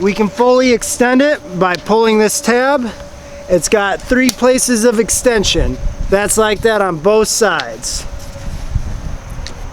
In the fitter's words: It locks into place finally at that last notch,